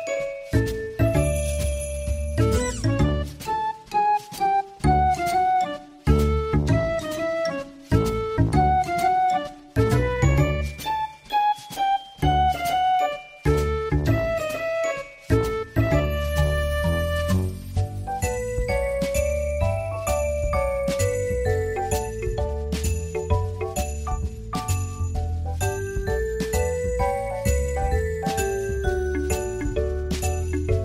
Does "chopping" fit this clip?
no